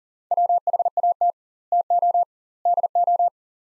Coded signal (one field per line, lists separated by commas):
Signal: Morse code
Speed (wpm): 40 wpm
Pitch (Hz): 700 Hz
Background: none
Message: WHAT TO DO